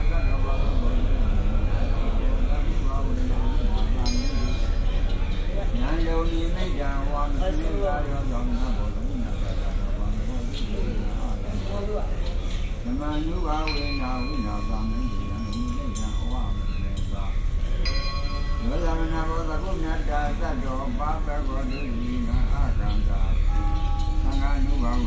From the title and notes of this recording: Shwedagon Pagoda - Yangoon - timelapse from 4 am to 8am.